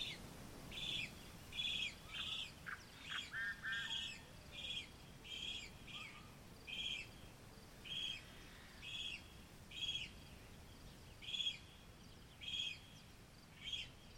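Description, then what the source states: Yellow-headed Blackbirds give loud, harsh chattering bursts in a steady repeated series. Marsh near main entrance of Columbia National Wildlife Refuge, morning; females hidden in reeds with young make loud chatter.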